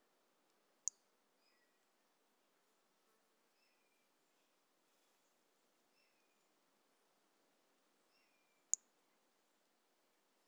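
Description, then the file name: Toadlet call: two isolated sharp high-pitched notes about eight seconds apart over a soft hiss, with faint short chirps in the background. One individual, numbered 04, recorded on 18 January 2018 and later collected as a specimen. "Brachycephalus mirissimus 18 jan 2018 individual 04. A E Confetti"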